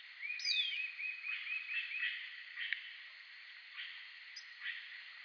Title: LuckyPassaro Completos2Sama. Cherry-throated Tanager (Nemosia rourei)